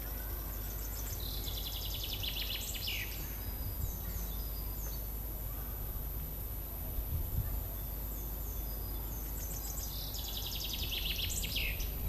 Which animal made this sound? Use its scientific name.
Fringilla coelebs